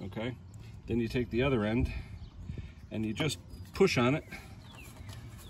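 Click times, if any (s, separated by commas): none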